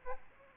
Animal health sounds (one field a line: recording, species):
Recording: mosquito wingbeat signal from an infrared sensor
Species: Aedes aegypti